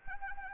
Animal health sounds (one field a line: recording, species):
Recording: mosquito wingbeat signal from an infrared sensor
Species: Anopheles arabiensis